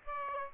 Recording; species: mosquito wingbeat signal from an infrared sensor; Aedes aegypti